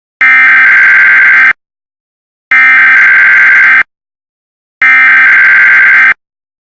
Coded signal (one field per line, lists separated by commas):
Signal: Emergency Alert System (SAME) tones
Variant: header bursts